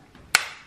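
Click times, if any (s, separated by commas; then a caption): 0.4 s. A brush roller is fitted back into the floor head of a Shark vacuum, one end inserted first and the other side pushed down into its plastic housing. A single loud, sharp click rings out at 0.4 s with a short, bright decay. The roller snaps into place and is seated.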